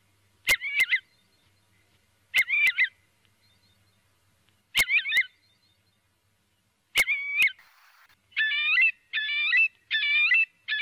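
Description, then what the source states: Eurasian curlew giving repeated whistled calls every two seconds or so, each with sharp clicks, then a quicker series of calls. Filtered recording.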